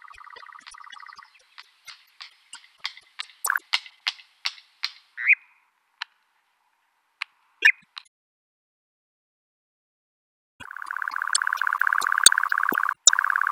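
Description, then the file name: European nightjar churr at the start, breaking into a series of sharp clicks and short notes, then quiet before the fast purring churr resumes for the final seconds. "Eurasian Nightjar"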